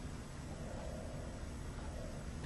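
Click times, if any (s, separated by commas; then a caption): none. An inner cannula is inserted into a tracheostomy outer tube and brought to the six o'clock position, ahead of being turned clockwise to lock it. Only steady broadband noise with low-frequency rumble is heard, with no distinct sudden sounds. Nothing has seated or clicked yet.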